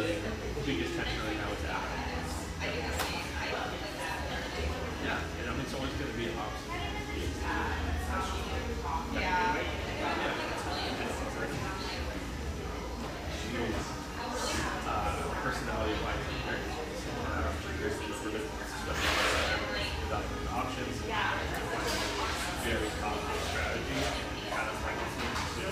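Murmur of a bright, airy espresso joint in North Beach: many overlapping voices blend into a steady, dense chatter with no single speaker standing out. Short clinks and knocks pop up throughout, with a sharper burst of clatter near the nineteen-second mark.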